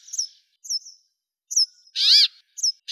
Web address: Fringilla montifringilla